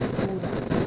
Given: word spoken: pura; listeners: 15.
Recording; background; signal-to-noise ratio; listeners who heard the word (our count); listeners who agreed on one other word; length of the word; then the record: one Spanish word in noise, from a listening test; noise modulated by three-talker babble; -4.7 dB; 1 of 15; 7 of 15; 0.47 s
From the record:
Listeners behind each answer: 7, 2, 1, 1, 1, 1, 1, 1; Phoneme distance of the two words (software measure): 10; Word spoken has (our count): 2 syllables, 4 phonemes, stress on syllable 1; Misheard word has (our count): 2 syllables, 4 phonemes, stress on syllable 1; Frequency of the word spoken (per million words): 41.39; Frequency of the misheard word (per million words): 30.98